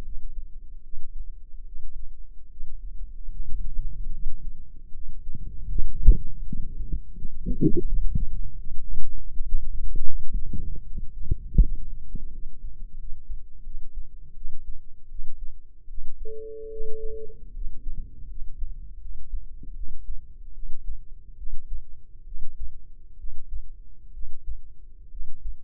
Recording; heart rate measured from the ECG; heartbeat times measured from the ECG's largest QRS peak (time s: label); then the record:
heart sounds by microphone in the left ear; 77 bpm
0.02 s: heartbeat
0.81 s: heartbeat
1.64 s: heartbeat
2.48 s: heartbeat
3.30 s: heartbeat
4.10 s: heartbeat
4.91 s: heartbeat
5.70 s: heartbeat
6.45 s: heartbeat
7.13 s: heartbeat
7.84 s: heartbeat
8.56 s: heartbeat
9.29 s: heartbeat
10.04 s: heartbeat
10.83 s: heartbeat
11.59 s: heartbeat
12.31 s: heartbeat
12.97 s: heartbeat
13.63 s: heartbeat
14.33 s: heartbeat
15.07 s: heartbeat
15.86 s: heartbeat
16.68 s: heartbeat
17.52 s: heartbeat
18.27 s: heartbeat
18.99 s: heartbeat
19.73 s: heartbeat
20.52 s: heartbeat
21.35 s: heartbeat
22.24 s: heartbeat
23.16 s: heartbeat
24.11 s: heartbeat
25.09 s: heartbeat
From the record:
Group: healthy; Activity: rest 0-20 s, breath hold 20-26 s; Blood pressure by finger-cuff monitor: 110/71 mmHg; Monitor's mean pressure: 82 mmHg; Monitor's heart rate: 75 bpm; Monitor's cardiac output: 5.7 L/min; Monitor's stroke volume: 76 mL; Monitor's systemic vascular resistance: 1040 dyn s/cm5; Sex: female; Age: 22 years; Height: 160 cm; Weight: 45 kg